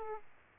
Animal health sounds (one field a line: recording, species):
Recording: mosquito wingbeat signal from an infrared sensor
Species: Aedes aegypti